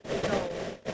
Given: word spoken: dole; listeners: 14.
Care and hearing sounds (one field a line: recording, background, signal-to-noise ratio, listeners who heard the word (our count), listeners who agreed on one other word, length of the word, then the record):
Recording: one English word in noise, from a listening test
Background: noise modulated by three-talker babble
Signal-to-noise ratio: -5.5 dB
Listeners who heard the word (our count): 1 of 14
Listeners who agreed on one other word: 7 of 14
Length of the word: 0.54 s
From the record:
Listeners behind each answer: 7, 2, 1, 1, 1, 1, 1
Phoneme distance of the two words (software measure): 10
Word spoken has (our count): 1 syllable, 3 phonemes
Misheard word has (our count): 1 syllable, 3 phonemes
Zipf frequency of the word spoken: 3.57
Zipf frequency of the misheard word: 4.07